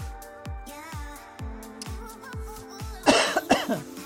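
An adult coughs, a short burst of coughs near the end.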